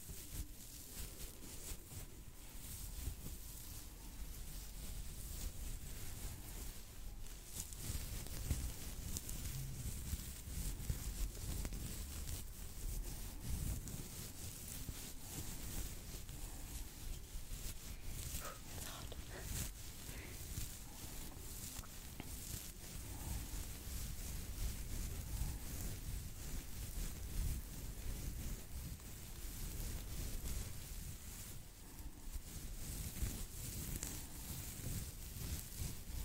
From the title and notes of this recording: ASMR 10 Personal Attention Triggers (Scalp Massage, Face Massage, Stipple, Hair Brushing).